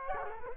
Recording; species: mosquito wingbeat signal from an infrared sensor; Culex quinquefasciatus